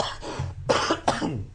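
A low throaty rumble is followed by two sharp, harsh cough bursts about 0.4 seconds apart, each trailing off with a rough, slightly wet tail. It is a short coughing fit from an adult man who is very sick with the flu and sounds hoarse, like a dead frog, heard close up in a small room.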